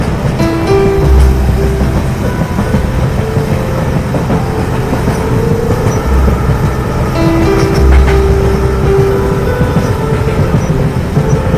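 A train runs along, a dense, steady low rumble filling the whole twelve seconds. Humming mechanical tones drift in and out above it, heavier low thuds land near the one-, six- and eight-second marks, and faint rattles and clicks sound higher up.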